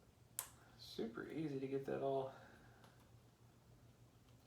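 A rubber tire is worked onto a plastic wheel rim of a LEGO Ghostbusters Ecto-1 brick-built car, with a sharp snap at 0.4 s as the tire pops into place. Someone talks from about 1.0 s to 2.3 s, and the tire ends up seated on the rim.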